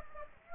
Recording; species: mosquito wingbeat signal from an infrared sensor; Aedes aegypti